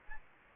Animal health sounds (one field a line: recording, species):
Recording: mosquito wingbeat signal from an infrared sensor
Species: Aedes aegypti